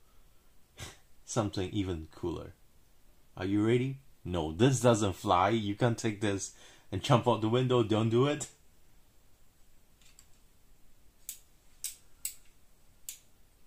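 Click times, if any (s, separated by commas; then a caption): 10.2 s, 11.3 s, 12.2 s, 13.1 s. Someone talks for the first eight and a half seconds while handling an Ultimate Works SS Sister custom saber, a metal lightsaber hilt. After a short quiet stretch, a hilt section is extended or rotated, and its locking mechanism gives sharp clicks at 10.2, 11.3, 12.3 and 13.1 seconds. The section locks into the hilt and stays in place.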